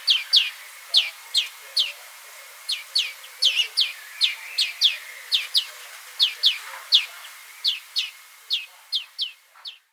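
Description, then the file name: European greenfinch calls: many short sharp chirps in quick succession, sometimes doubled, over a steady faint thin tone. "Chloris chloris"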